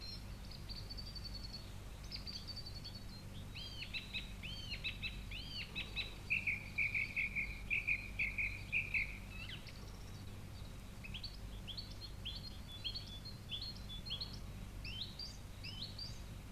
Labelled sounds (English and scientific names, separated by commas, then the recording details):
Song Thrush (Turdus philomelos) song
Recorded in the wild
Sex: male
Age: adult
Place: Treffen am Ossiacher See, Ossiachersee, Kärnten, AT
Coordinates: 46.67, 13.942
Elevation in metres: 550
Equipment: Hornyphon, Phillips Mikrofon
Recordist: Brunner, Thomas
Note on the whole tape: Vor Ostern 1960, unterhalb der Hansbauerhalt aufgenommen. Ende der Aufnahme evtl